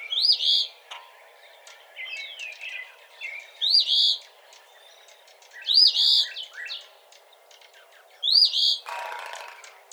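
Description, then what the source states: Eastern phoebe repeating raspy, buzzy phrases several times, with faint chips between them and a brief burst of noise near the end. Recorded 17 March 2007.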